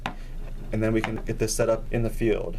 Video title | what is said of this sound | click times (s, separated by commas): Instructions to program the SM Mini from Wildlife Acoustics | once you connect the lid again make sure you get both snaps in place | 0.1 s